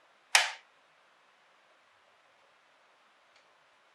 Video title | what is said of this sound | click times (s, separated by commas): Assembling a video editing pc in Kenya Part 2 Assembly | and it should just click in place. | 0.4 s